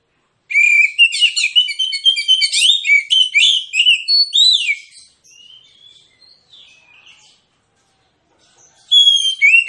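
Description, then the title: Magpie-robin song: a loud burst of fast, varied whistles and chirps, then quieter scattered notes, with another loud whistled phrase near the end. Kacer song, insistent with full 'tembakan' bursts, meant to trigger an immediate fighting response and as therapy for kacer reluctant to sing. "Kacer Langsung Tarung Konslet KACER NGOTOT FULL TEMBAKAN. Kicau Kacer santaiterapi Kacer males bunyi"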